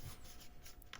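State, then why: Seated. A 3D-printed PLA piece with pins is pressed into four holes on the top of a Raspberry Pi case shaped like a Commodore Datasette. Over a low, steady background, two sharp clicks sound at 0.8 s and 0.9 s as the pins seat. The printed piece snaps into place and sits fully seated.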